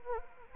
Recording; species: mosquito wingbeat signal from an infrared sensor; Anopheles arabiensis